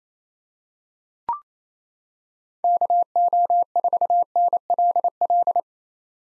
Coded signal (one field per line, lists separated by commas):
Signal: Morse code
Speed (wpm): 28 wpm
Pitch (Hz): 700 Hz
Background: none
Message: KO4NLL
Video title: 2023 POTA Activator Call Signs - 28wpm